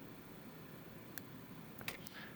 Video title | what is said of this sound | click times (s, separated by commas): GPD Win4 controller/joystick replacement | Make sure it clicks, and then you have this routing which | 1.9 s